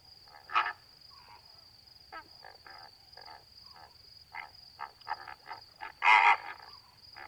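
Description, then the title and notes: Greater flamingo calls, short nasal honking bursts scattered throughout, a loud harsh burst near the end, with a steady high tone behind. Flock feeding calmly at night, standing in water halfway up their legs, occasionally calling; edge of Étang de Vaccarès, Camargue, France; 4 September 2020, 23:10; windless night; Nagra Seven, B&K omni microphone. "Etang de Vaccares - Camargue. Flamant rose ( Phoenicopterus ruber )"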